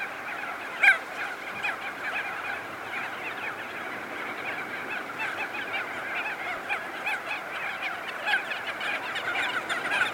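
Crested auklet chorus: a steady wash of overlapping honking calls from many birds, with a few louder nasal notes standing out.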